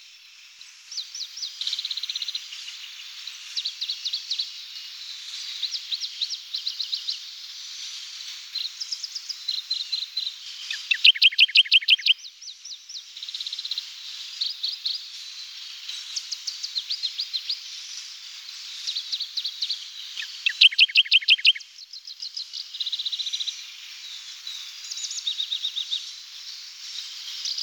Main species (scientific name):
Phylloscopus schwarzi